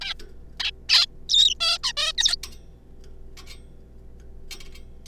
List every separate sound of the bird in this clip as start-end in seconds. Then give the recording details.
0.01-0.13, 0.60-0.71, 0.89-1.06, 1.29-1.54, 1.60-1.78, 1.83-1.92, 1.97-2.12, 2.18-2.36. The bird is a juvenile. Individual R3549